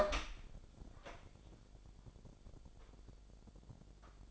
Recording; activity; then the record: daily activity, microphone in the room; open door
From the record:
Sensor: 5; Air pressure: 1007.2 hPa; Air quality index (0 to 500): 170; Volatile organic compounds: 4 ppm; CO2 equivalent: 1632 ppm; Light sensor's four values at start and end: 55/157/61/61 and 57/160/62/62